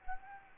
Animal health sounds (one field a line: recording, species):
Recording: mosquito wingbeat signal from an infrared sensor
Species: Anopheles gambiae